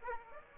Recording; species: mosquito wingbeat signal from an infrared sensor; Aedes aegypti